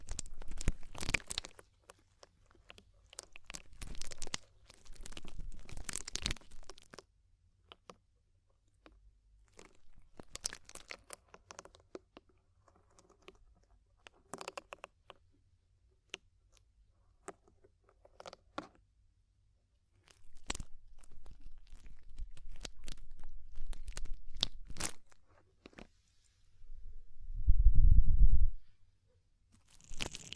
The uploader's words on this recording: ASMR DEEP Ear Penetrating Cleaning (No Talking).